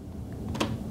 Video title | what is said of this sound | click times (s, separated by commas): Double the Runtime of Dyson Cordless Vacuum Cleaner using a 2X Capacity Battery to Increase Power | you hear the click and then you can slowly | 0.6 s